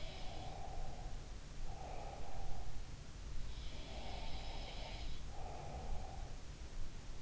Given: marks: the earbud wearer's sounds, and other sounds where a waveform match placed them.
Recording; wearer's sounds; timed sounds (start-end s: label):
sounds in sleep by an in-ear microphone; breath
0.00-2.64 s: breath
3.64-6.31 s: breath
3.88-5.13 s: sound from someone else or the room